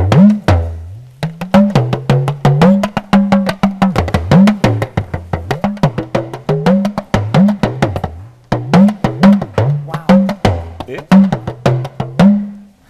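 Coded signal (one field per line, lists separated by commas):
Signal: talking drum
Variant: Yoruba dùndún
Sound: rapid drum strokes with pitch gliding up and down like speech tones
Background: small room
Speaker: now you need to translate that for similar difference that our acaba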